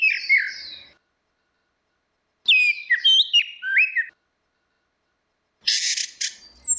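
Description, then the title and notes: Orange-headed thrush song in three bursts: slurred whistles and rapid chattering phrases separated by silent gaps of about one and a half seconds. Continuous singing (ngeplong); a masteran recording used to train Chestnut-capped Thrushes (anis kembang) to learn the song. "Suara Burung Anis Merah Ngeplong. Masteran Anis Kembang"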